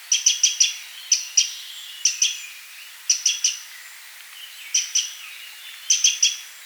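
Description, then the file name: Eurasian wren calling with clusters of hard, high clicking ticks, a few per burst, at irregular intervals. "Troglodytes troglodytes"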